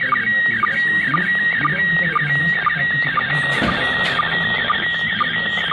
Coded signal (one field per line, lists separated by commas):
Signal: SSTV (slow-scan television)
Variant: PD 120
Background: speech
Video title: DECODE SLOW SCAN TELEVISION (SSTV) via ISS